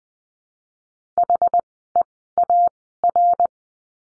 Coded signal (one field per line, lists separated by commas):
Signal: Morse code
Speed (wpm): 20 wpm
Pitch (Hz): 700 Hz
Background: none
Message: HEAR